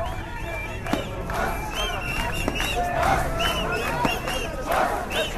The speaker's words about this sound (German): Das Volk hat das System gestürzt, rufen die Massen. Auf dem Platz, auf dem eine Woche zuvor noch scharf geschossen wurde, explodieren heute Feuerwerkskörper.